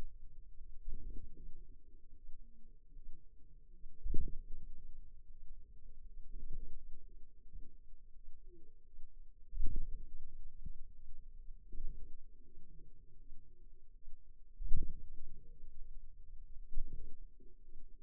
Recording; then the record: forearm muscle sounds (acoustic myography)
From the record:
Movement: ulnar deviation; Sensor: system 2, bracelet of six BSWA MPA416 microphones around the upper forearm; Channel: 1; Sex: female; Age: 23 years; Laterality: right